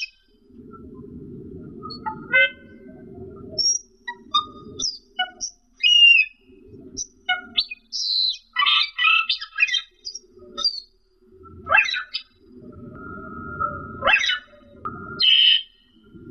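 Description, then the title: Asian glossy starling song: scattered squeaky notes, chattering bursts and a steady level whistle, between stretches of low rough background noise. "Suara Burung Cucak keling"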